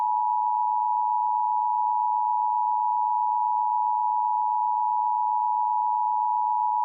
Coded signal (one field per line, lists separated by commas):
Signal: Emergency Alert System (SAME) tones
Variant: 853 and 960 Hz attention tone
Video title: If an all clear message was for Sioux Fall residents - EAS Mock